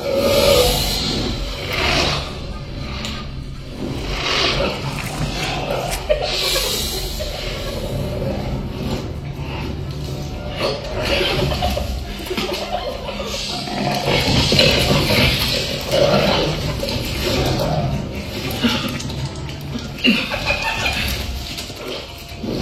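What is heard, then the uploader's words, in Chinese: Jungle outdoors, with a dense, steady wash of sound like rushing water or rain, murmuring voices now and then, and scattered bright rustles throughout. 4D全息超级环绕-丛林探险。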